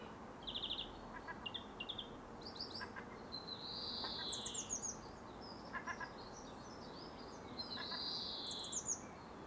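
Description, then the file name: European greenfinch giving long, nasal, drawn-out wheezes mixed with short twittering trills and chirps. "Chloris chloris"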